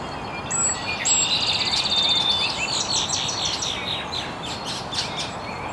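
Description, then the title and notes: Birds singing: a bright, fast buzzy trill early on, then a run of quick repeated chirps, all above steady rushing noise. Recorded very early in the morning in an estuary. "Birds Chirping in the Early Morning. Original sounds of birds chirping very early in the morning in an estuary"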